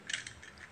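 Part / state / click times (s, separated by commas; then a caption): phone holder clamp lock on bicycle handlebar / not seated / none. Someone tries to lock the clamp of a bicycle cellphone holder onto the handlebar so the phone won't fall. A few faint, short mechanical ticks and scrapes come at about 0.1, 0.3, 0.4, 0.6 and 0.7 seconds. Nothing has clicked or seated yet; the clamp fails to lock.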